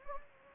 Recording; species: mosquito wingbeat signal from an infrared sensor; Anopheles gambiae